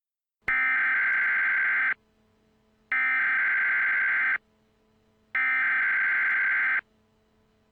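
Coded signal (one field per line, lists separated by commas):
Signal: Emergency Alert System (SAME) tones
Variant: header bursts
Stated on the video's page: Fictional EAS scenario about a dust storm in Arizona.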